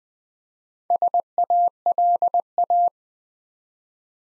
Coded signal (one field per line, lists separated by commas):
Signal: Morse code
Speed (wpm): 20 wpm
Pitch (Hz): 700 Hz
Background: none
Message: SALA